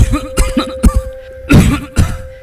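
An adult man gives a run of about four or five deep, low-pitched cough bursts in quick succession, a coughing fit from a deep cough that will not stop. It is an acted smoker's cough, blamed on smoking beedis and cigarettes, with a faint steady hum in the background.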